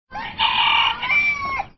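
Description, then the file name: Rooster crowing: one loud, harsh cock-a-doodle-doo lasting under two seconds, ending in a drawn-out final note. "galo"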